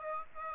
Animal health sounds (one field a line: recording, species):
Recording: mosquito wingbeat signal from an infrared sensor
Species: Aedes aegypti